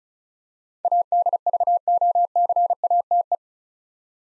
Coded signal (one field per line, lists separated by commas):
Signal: Morse code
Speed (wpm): 36 wpm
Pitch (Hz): 700 Hz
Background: none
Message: ADVOCATE